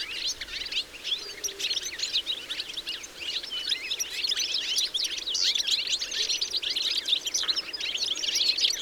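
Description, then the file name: European goldfinch twittering: a busy stream of short, high chirps and tinkling notes, growing slightly louder toward the end. "Carduelis carduelis"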